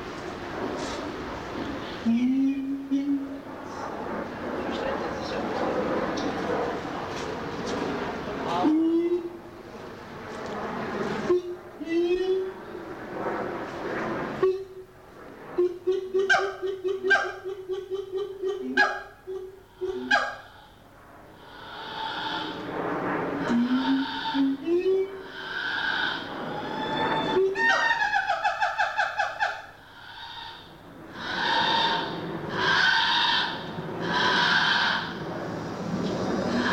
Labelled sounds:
Siamang

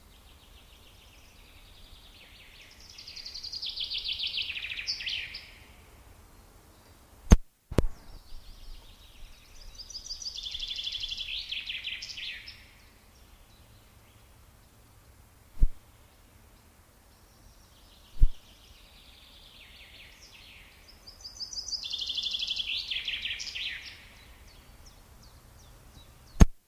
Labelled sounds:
Common Chaffinch song

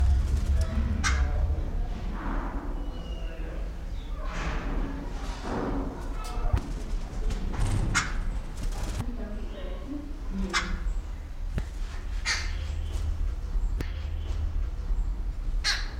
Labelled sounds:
Brown-breasted Barbet

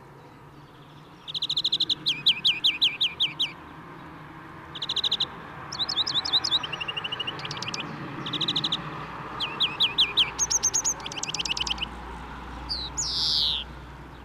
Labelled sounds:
European Greenfinch song

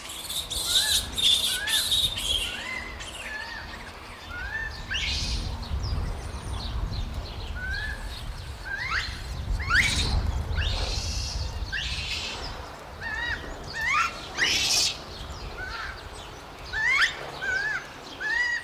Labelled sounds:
Japanese Macaque

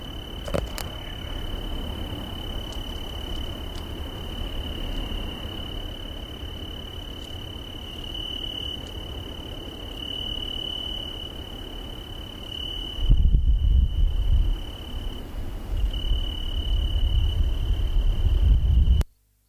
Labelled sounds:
Tree Cricket stridulation

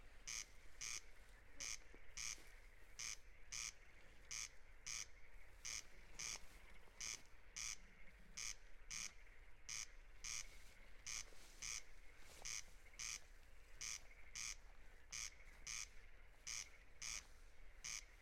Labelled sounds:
Corn Crake song

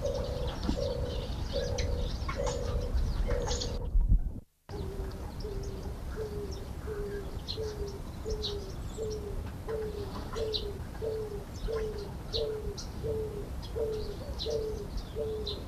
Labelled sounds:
European Turtle Dove call

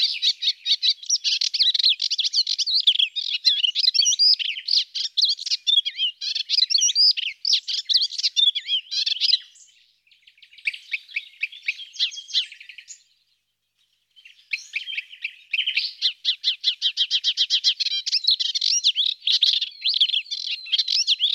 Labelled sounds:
Melodious Warbler song

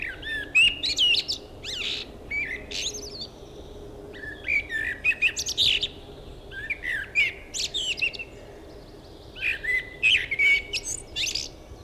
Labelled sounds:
Common Blackbird song

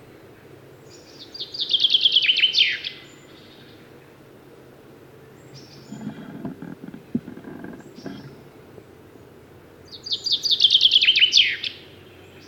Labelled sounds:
Common Chaffinch song

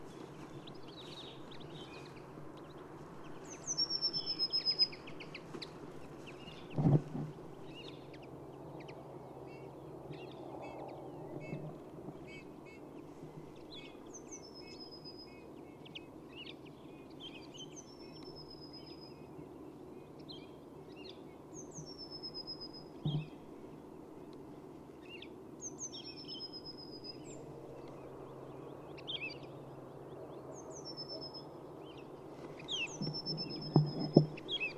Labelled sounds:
Wood Lark

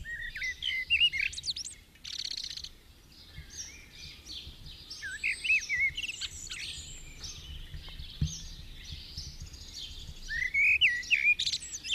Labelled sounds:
Common Blackbird song

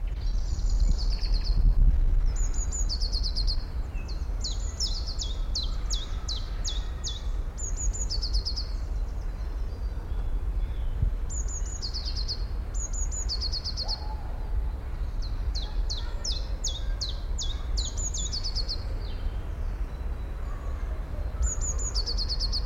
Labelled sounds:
Eurasian Blue Tit call

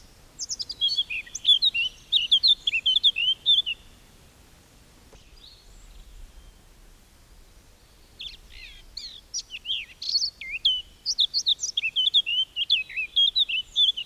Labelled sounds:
Eurasian Blackcap song

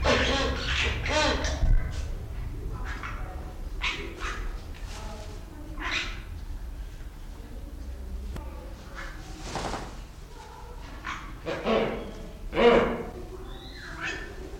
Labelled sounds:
Wreathed Hornbill

